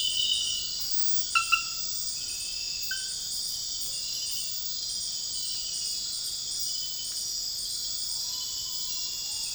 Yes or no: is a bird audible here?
no